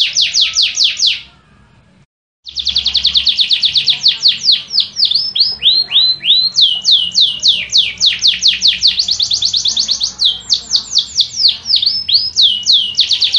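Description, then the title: Yorkshire canary song: rapid high trills, a brief pause, then long varied runs of repeated sweeping notes and fast rattles. Long, vigorous song. "Suara Burung Kenari Yorkshire Gacor Kicau Panjang"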